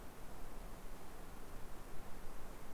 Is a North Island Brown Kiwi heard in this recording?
no